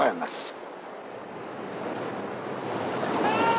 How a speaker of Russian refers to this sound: Мейнерса уносит бурлящее море. Его шлюпка переворачивается и тонет. Лангрена несколько раз окатывает водой. Он смотрит на огромные волны.